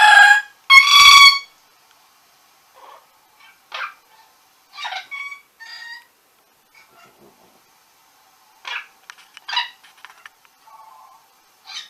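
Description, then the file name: Orange-winged amazon with two loud, raucous squawks at the start, then irregular softer chattering notes and brief calls scattered through the rest. "venesuelskii amazon"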